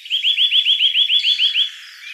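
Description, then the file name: Eurasian nuthatch trill: about a dozen quick, clear notes run together at an even pace for roughly one and a half seconds, then stopping. "Sitta europaea"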